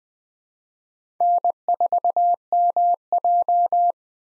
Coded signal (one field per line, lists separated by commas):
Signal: Morse code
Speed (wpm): 20 wpm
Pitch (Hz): 700 Hz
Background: none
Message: N4MJ